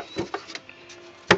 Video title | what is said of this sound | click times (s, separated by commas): GMC Acadia power steering fluid location | and it just pops into place like that | 1.3 s